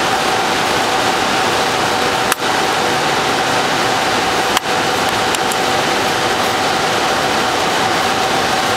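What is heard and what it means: During an HP DL360 G5 server upgrade from one CPU to two, a processor part is pressed into the motherboard socket over a steady broadband whir. A sharp click sounds at 2.3 s, then a sharp snap at 4.6 s as the part seats in place.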